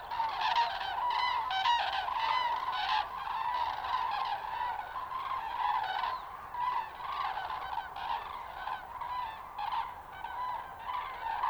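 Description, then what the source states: Common cranes in a calling flock, loud clustered trumpets early on, then a continuous softer chorus of overlapping bugling notes. Juvenile and adult cranes, Linum, 20 October 2019.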